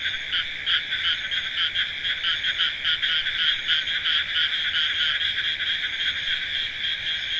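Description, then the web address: Dense frog chorus, shrill steady trilling mixed with rapid pulsed croaks throughout without pause. "frogs hq recording"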